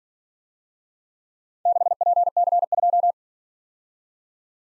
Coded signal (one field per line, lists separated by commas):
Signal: Morse code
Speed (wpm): 48 wpm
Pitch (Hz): 700 Hz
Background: none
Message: 6PC2